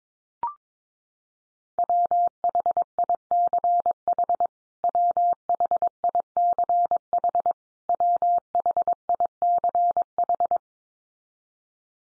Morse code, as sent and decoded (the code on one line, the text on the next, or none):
.-- .... .. -.-. .... / .-- .... .. -.-. .... / .-- .... .. -.-. ....
WHICH WHICH WHICH